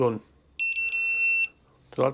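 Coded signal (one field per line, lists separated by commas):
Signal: none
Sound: a drone's startup beeps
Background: speech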